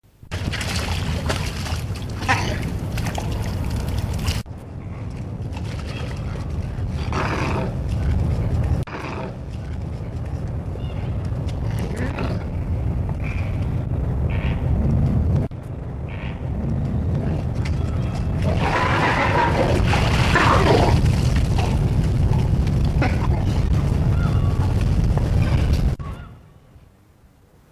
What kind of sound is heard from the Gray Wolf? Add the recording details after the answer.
call. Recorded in captivity. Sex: group. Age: adult. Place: Tierpark Berlin, Berlin, DE. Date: 1964-09-29 16:00. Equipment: Telefunken Magnetophon 300, Sennheiser MD 421, Transistorverstärker, Kopie Smaragd. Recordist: Tembrock, Günter